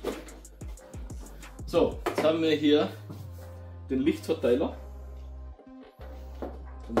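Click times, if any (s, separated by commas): 7.0 s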